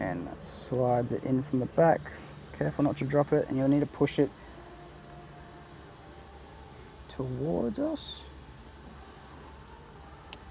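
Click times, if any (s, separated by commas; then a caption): 10.3 s. Someone talks while the gear shifter trim piece of a Toyota Prado 250 is slid into the dash console from the back and pushed forward. After a quiet stretch, it clicks home at 10.3 s, and the trim is seated.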